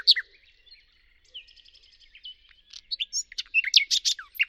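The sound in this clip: Bird song with a sharp opening note and soft twittering that builds into a loud, fast sequence of sharp high chirps and slurred notes.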